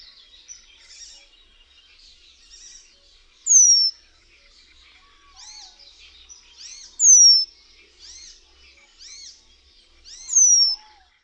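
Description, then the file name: Penduline tit giving thin, high, drawn-out descending whistles about every three and a half seconds, with softer chirps and twitters between them. "REMIZ"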